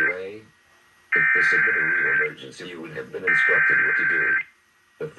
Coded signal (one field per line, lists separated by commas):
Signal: Emergency Alert System (SAME) tones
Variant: header bursts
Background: speech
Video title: Required Monthly Test - Island County DEM (3-8-2022)/San Juan EOC(3-10-2022)